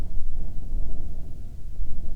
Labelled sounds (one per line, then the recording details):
bird
wind
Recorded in the Prudhoe Bay oil fields, Alaska, on 7 August 2019 at 14:14
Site 17